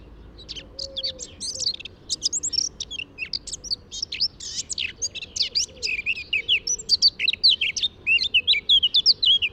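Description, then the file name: Eurasian blackcap delivering an unbroken run of quick, varied, high warbling notes, getting louder as it goes. "Sylvia atricapilla"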